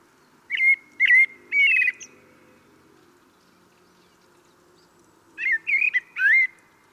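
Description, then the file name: Common blackbird with two short song phrases of mellow, slurred whistles, spaced about five seconds apart, with a faint low hum underneath. "Turdus merula"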